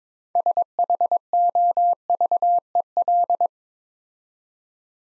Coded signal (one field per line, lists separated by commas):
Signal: Morse code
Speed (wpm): 22 wpm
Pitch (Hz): 700 Hz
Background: none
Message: SHOVEL